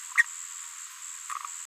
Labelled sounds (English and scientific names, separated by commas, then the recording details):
Green-rumped Parrotlet (Forpus passerinus) babbling
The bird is a female
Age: 21 days
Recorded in a nest box in Venezuela
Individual 17B73B2